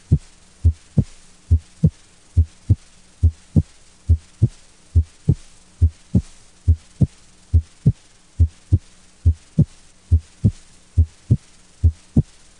Increased intensity of P2. Congestive heart failure, mitral stenosis, and other diseases can increase the intensity of P2. When P2 increases in intensity, it is sometimes heard over the mitral area and along the left sternal border. P2 with increased intensity sounds like this.